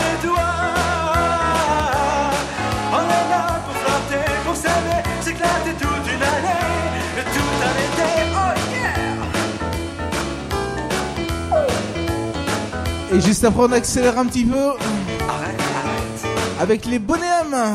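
A Friday evening at the bowling alley in St Savin, filled with loud, dense music that keeps a steady, regular beat over a deep bass line. From about thirteen seconds a wavering voice rises above it, and the level stays high throughout.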